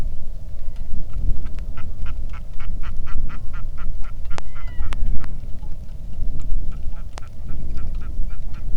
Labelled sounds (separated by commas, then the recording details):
waterfowl, wind, rain
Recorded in the Arctic National Wildlife Refuge, Alaska, on 3 August 2019 at 09:25
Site 46